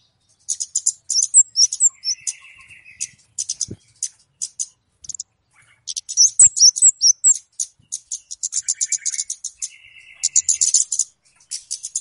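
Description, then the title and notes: Flowerpecker calls, fast strings of high, dry ticking notes in stop-start bursts, broken by short buzzy trills and a few silent gaps. Lure call used for catching birds. "Kicau Pancing Burung Kemade ( Cabe Cabean). Suara Burung Cabe Cabean Pikat"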